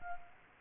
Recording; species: mosquito wingbeat signal from an infrared sensor; Culex quinquefasciatus